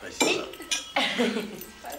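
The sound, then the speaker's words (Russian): Glasses clink together in a toast to a state order award, three or four bright, ringing taps in quick succession, mixed with clattering tableware and a faint murmur of voices. “Поднимают бокалы, пьют.”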